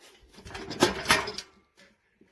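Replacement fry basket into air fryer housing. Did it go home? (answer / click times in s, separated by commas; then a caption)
no / none. A COSORI 5.8-quart C158-FB non-stick replacement fry basket is pushed into the drawer housing of a COSORI air fryer, giving rattling scrapes and sharp knocks around 1.1 s and 1.4 s, then near silence. The basket only knocks against the housing because it does not fit, and nothing has seated or clicked yet.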